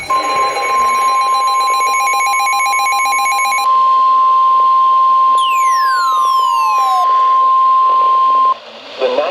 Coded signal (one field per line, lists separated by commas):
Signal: Emergency Alert System (SAME) tones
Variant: 1050 Hz attention tone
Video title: Late April Severe Weather EAS Event Compilation! (EAS #682-749)